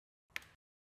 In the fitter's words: once we hear that click we know the cable has been installed and it's ready to go